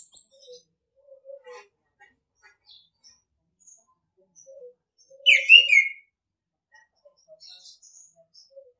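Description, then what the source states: Orange-headed thrush: scattered soft low notes and faint high chirps, with one loud brief whistled phrase in the middle. Training song (masteran) for teaching caged birds, in the style called ngeplong.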